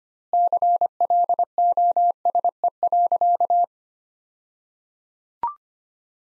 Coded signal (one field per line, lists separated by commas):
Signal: Morse code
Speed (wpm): 25 wpm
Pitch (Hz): 700 Hz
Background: none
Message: CLOSE.